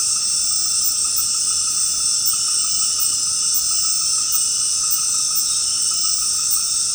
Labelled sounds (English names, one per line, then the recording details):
none
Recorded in secondary vegetation near Puerto Asís, Putumayo, Colombia, on 18 February 2024 at 19:00
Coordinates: 0.468, -76.324
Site G6381